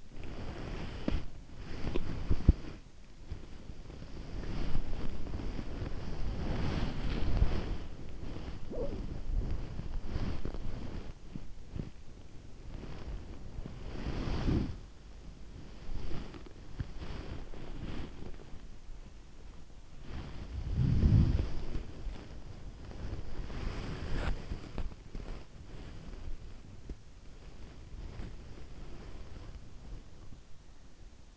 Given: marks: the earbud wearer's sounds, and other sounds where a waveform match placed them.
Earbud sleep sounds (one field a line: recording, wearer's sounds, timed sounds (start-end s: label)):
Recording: sounds in sleep by an in-ear microphone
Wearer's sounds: body movement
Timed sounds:
0.00-31.37 s: body movement